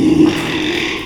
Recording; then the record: squeal of a Yucatan mini pig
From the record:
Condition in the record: after surgery on the right vocal fold (resection and tissue-engineered implant); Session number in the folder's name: 1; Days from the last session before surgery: 6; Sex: male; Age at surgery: 12 weeks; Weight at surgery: 13 kg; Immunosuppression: cyclosporine, prednisolone